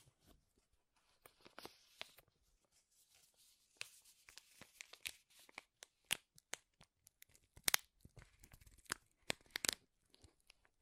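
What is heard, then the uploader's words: Crinkling material is handled, making sharp, bright crackles in irregular bursts. The crackles are sparse early on, grow busier after about four seconds, and peak in loud snaps near six, eight and ten seconds. ASMR Powerful Crinkles to Make You Tingle (No Talking).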